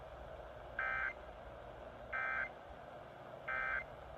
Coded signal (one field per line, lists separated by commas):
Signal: Emergency Alert System (SAME) tones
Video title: Tests (EAS 290-292)